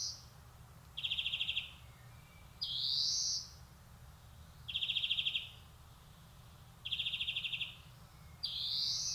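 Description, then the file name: European greenfinch singing, short rapid trills and drawn-out rising wheezy notes separated by brief pauses, low background rumble. "Chloris chloris"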